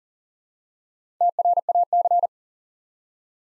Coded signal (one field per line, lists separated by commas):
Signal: Morse code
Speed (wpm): 40 wpm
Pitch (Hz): 700 Hz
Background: none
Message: TRAC